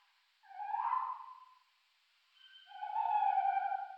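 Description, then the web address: Tawny owl giving two soft, faint hoots with a gap between them. Recorded in Luxembourg. "rapaces-nocturnes-au-luxembourg chouette-hulotte"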